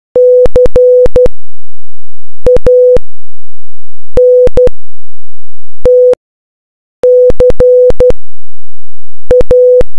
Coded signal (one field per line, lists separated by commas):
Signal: Morse code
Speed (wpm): 12 wpm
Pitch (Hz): 500 Hz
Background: none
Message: CANT CA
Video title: Morse Code Broadcast 2